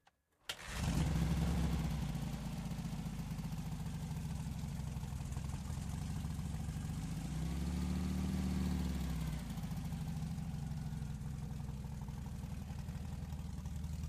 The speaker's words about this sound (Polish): No jest to, delikatnie powiedziawszy, potwór. Ma 1200 pojemności z silnikiem garbusa. Jest to składak trochę Urala, trochę Emki, trochę Dniepra. No i jest to niesamowity motor. On ma ducha. I ciągnie, w terenie jest idealny.